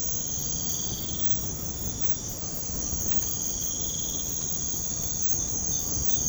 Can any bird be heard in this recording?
no